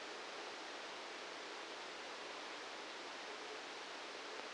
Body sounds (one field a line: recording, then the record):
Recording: brain microelectrode recording played as sound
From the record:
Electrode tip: outside the subthalamic nucleus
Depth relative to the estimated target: -8 mm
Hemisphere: right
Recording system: NeuroSet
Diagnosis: Parkinson's disease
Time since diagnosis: 9 years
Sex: male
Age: 61 years